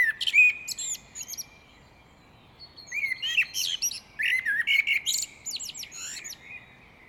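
Great tit calls: a clear chirp followed by rasping clicks, a short pause, then a lively string of slurred chirps mixed with dry ticking notes.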